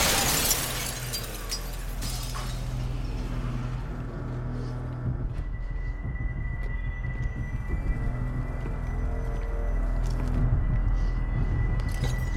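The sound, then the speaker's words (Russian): A car rams through front entrance doors with a loud burst of shattering glass and breaking debris, then a steady low engine rumble carries on, joined midway by a thin, sustained high tone. “Автомобиль протаранивает входные двери.”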